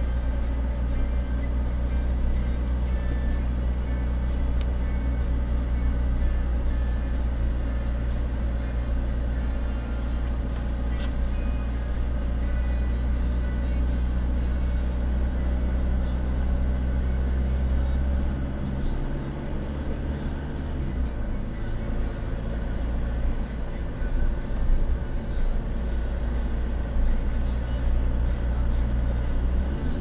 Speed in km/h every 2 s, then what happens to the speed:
12, 12, 12, 11, 10, 11, 11, 13, 16, 17, 17, 20, 20, 19, 18.
0-12 steady at about 11. 12-22 speeds up to 20. 22-30 steady at about 19.